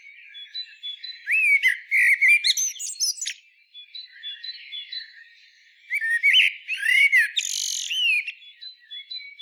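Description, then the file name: Common blackbird song in two bursts: low fluted, warbling notes ending in high scratchy twitters, separated by a pause with faint high tones. "Turdus merula"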